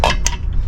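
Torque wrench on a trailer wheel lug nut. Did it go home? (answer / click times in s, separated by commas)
yes / 0.0 s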